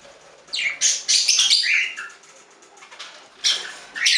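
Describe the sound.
Budgerigar chirps, short bright bursts of scratchy, high warbling notes in a few clusters separated by brief pauses.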